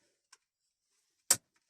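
A plastic power connector plug is pushed into the back of the car radio head unit of a VW Golf/Jetta Mk5. After a faint tick at 0.3 s, a sharp, loud click comes at 1.3 s as the connector seats fully, confirmed.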